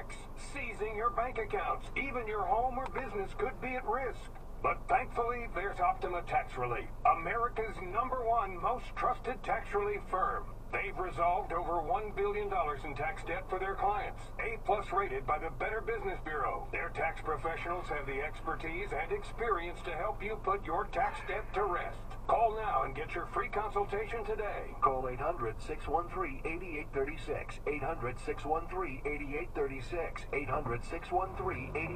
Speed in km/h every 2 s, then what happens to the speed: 0, 0, 0, 0, 0, 0, 0, 0, 0, 0, 0, 0, 0, 0, 0, 0.
0-32 standing.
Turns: none.